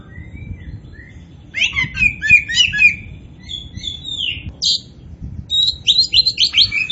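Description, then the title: Oriental magpie-robin singing a rapid jumble of whistled and scratchy notes, brief pause, then more quick varied phrases over faint background rumble. Singing strongly (gacor). "Kacer Poci"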